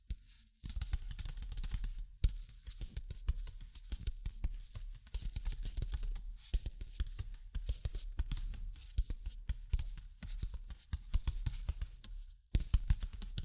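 Tapping and scratching go on almost without pause, a dense run of quick, irregular knocks and rough scrapes with a low thump under many hits. Brief silences cut in near the start, around two seconds, around six seconds and near twelve seconds.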